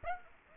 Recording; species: mosquito wingbeat signal from an infrared sensor; Aedes aegypti